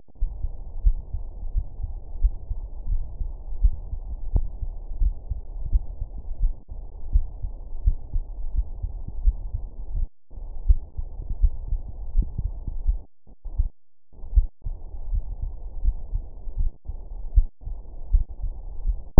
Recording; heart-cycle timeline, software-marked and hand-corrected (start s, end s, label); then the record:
heart sounds
0.00	0.20	diastole
0.20	0.30	S1
0.30	0.42	systole
0.42	0.52	S2
0.52	0.84	diastole
0.84	0.98	S1
0.98	1.14	systole
1.14	1.22	S2
1.22	1.54	diastole
1.54	1.64	S1
1.64	1.80	systole
1.80	1.88	S2
1.88	2.20	diastole
2.20	2.32	S1
2.32	2.50	systole
2.50	2.58	S2
2.58	2.88	diastole
2.88	3.02	S1
3.02	3.22	systole
3.22	3.32	S2
3.32	3.62	diastole
3.62	3.74	S1
3.74	3.90	systole
3.90	4.00	S2
4.00	4.32	diastole
4.32	4.46	S1
4.46	4.62	systole
4.62	4.72	S2
4.72	5.00	diastole
5.00	5.14	S1
5.14	5.30	systole
5.30	5.40	S2
5.40	5.70	diastole
5.70	5.82	S1
5.82	6.00	systole
6.00	6.08	S2
6.08	6.42	diastole
6.42	6.54	S1
6.54	6.72	systole
6.72	6.80	S2
6.80	7.12	diastole
7.12	7.26	S1
7.26	7.44	systole
7.44	7.52	S2
7.52	7.84	diastole
7.84	7.96	S1
7.96	8.14	systole
8.14	8.24	S2
8.24	8.54	diastole
8.54	8.66	S1
8.66	8.82	systole
8.82	8.90	S2
8.90	9.22	diastole
9.22	9.36	S1
9.36	9.52	systole
9.52	9.62	S2
9.62	9.94	diastole
9.94	10.08	S1
10.08	10.26	systole
10.26	10.34	S2
10.34	10.66	diastole
10.66	10.78	S1
10.78	10.98	systole
10.98	11.06	S2
11.06	11.40	diastole
11.40	11.52	S1
11.52	11.70	systole
11.70	11.82	S2
11.82	12.16	diastole
12.16	12.28	S1
12.28	12.44	systole
12.44	12.54	S2
12.54	12.86	diastole
12.86	12.98	S1
12.98	13.16	systole
13.16	13.24	S2
13.24	13.58	diastole
13.58	13.70	S1
13.70	13.90	systole
13.90	13.98	S2
13.98	14.34	diastole
14.34	14.46	S1
14.46	14.66	systole
14.66	14.76	S2
14.76	15.10	diastole
15.10	15.24	S1
15.24	15.42	systole
15.42	15.52	S2
15.52	15.84	diastole
15.84	15.96	S1
15.96	16.14	systole
16.14	16.24	S2
16.24	16.58	diastole
16.58	16.70	S1
16.70	16.88	systole
16.88	16.98	S2
16.98	17.34	diastole
17.34	17.46	S1
17.46	17.66	systole
17.66	17.76	S2
17.76	18.12	diastole
18.12	18.24	S1
18.24	18.42	systole
18.42	18.52	S2
18.52	18.84	diastole
18.84	18.98	S1
18.98	19.16	systole
19.16	19.20	S2
From the record:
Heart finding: coronary artery disease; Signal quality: good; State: rest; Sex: female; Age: 72 years